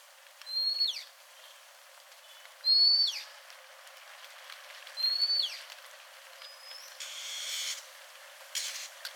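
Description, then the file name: Oriental magpie-robin giving a clear whistled note that breaks into a quick downward slur, repeated about every two seconds, with brief bursts of hissing noise. "suara asli kacer"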